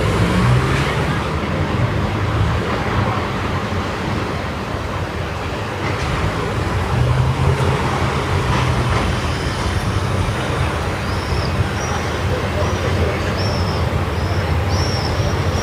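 Evening street traffic on Via Moscova in Milan, a steady dense rumble of passing vehicles, with faint high chirps appearing in the last few seconds.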